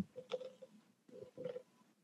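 Two short gurgling rumbles with a faint squealing tone from an adult's abdomen: ordinary stomach growling, picked up by a nearby microphone.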